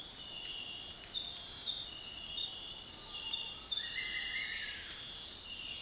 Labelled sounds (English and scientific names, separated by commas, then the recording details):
none
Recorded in dense forest near Puerto Asís, Putumayo, Colombia, on 13 March 2025 at 06:00
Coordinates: 0.499, -76.324
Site GP03